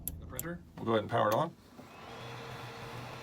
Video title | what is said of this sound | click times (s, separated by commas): Intro to 3D Printing with an Ender 3 | push it in and then push it all the way and you should hear it click the printer we'll | 0.1 s